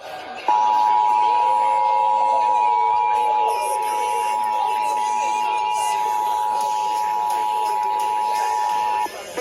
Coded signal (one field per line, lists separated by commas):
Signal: Emergency Alert System (SAME) tones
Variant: 853 and 960 Hz attention tone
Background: speech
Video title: EAS #1509-1512 IL RMT on WBBM-TV, WLIT, WCHI, WVAZ 1-4-22